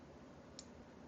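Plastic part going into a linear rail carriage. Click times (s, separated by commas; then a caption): 0.6 s. While rebuilding a Zyltech linear rail carriage for a Railcore II, a small plastic part is pushed back into the carriage and snaps home. A single short, sharp snap with a bright high-frequency burst sounds at 0.6 s over a steady low background hiss. The part is seated.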